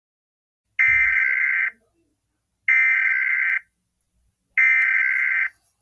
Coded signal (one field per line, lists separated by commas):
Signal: Emergency Alert System (SAME) tones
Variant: header bursts